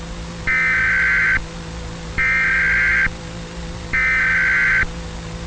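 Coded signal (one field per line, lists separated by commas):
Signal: Emergency Alert System (SAME) tones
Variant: header bursts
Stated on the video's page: Fictional EAS scenario.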